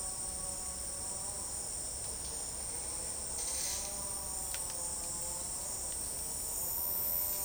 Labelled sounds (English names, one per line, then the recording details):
none
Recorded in dense forest near Puerto Asís, Putumayo, Colombia, on 21 February 2024 at 10:30
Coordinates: 0.485, -76.318
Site G6408